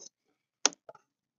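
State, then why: Seated. A new LED front turn signal light is slid into its one-way opening in the fender housing of a 2016 Jeep Wrangler. It seats with one sharp, loud snap at 0.7 s, followed by two softer ticks near 0.9 s and 1.0 s.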